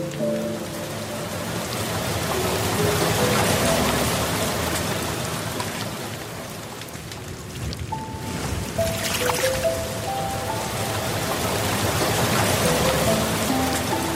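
Slow, sparse piano notes drift over a steady, hissing rush of a soft water stream that stays even throughout.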